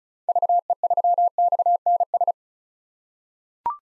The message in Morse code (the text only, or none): VE3XNS